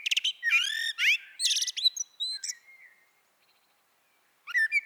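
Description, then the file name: Common blackbird delivering a fluty warbled phrase ending in high squeaky notes, then a quiet pause before the next phrase begins. "Turdus merula"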